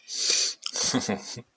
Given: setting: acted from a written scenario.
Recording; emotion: vocal sound without words; sympathy